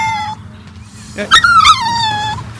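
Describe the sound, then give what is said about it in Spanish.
A person imitates a dog whimpering like a kitten instead of barking: thin, high, tonal whines that rise and waver, with a brief sharper squeal in the middle, over a low rumbling background. “O hay otro perro, señores, que ya ni siquiera ladran porque están tan llenos y han comido del mismo plato de la corrupción que ya hacen así, mire, hacen así. Parecen unos gatitos.”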